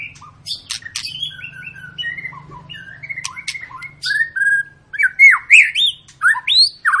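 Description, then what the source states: White-rumped shama song: rapid chatter and short whistles, then loud swooping whistled notes in quick succession, with a faint low hum underneath. Long, lively (gacor) lure song to make birds sing.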